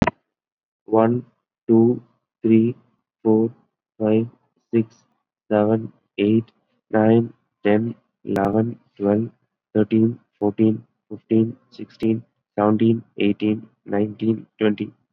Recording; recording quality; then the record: counting at a normal pace; excellent, no background noise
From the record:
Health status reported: COVID-19 positive, mild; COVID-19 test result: positive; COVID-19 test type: RT-PCR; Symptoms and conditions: cough, cold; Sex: male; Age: 22 years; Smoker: no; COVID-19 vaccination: one dose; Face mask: worn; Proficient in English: yes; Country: India